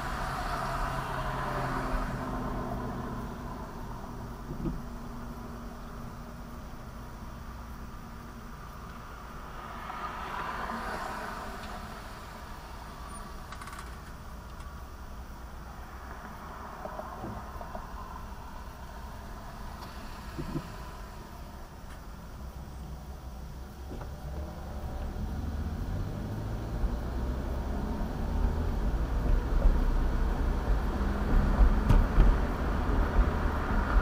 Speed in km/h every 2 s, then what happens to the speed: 11, 5, 0, 0, 0, 0, 0, 0, 0, 2, 0, 0, 3, 11, 19, 29, 35.
0-3 brakes to 0. 3-23 standing. 23-34 pulls away to 35.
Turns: none.